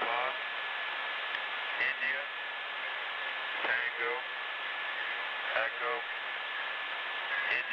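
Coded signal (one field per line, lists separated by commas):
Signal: numbers station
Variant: male voice, random letters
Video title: Spy Numbers station (Live ) random letters male 4725khz (with correction)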